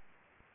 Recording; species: mosquito wingbeat signal from an infrared sensor; Anopheles arabiensis